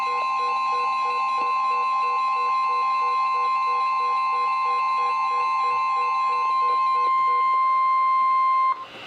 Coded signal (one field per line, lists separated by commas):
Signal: Emergency Alert System (SAME) tones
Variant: 1050 Hz attention tone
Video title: EAS #459-#485: No Rest! | KHB36, WXM42, WNG736, KEC83, & WXK97